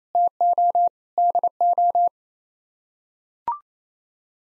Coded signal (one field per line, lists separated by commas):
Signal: Morse code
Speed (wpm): 28 wpm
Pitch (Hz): 700 Hz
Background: none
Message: TO DO